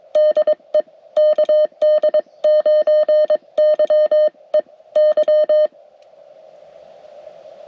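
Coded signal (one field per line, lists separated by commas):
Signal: Morse code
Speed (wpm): 22 wpm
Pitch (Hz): 610 Hz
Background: none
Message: DE KD9YEY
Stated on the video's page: CW activation made during a trip in Michigan, with some contacts completed.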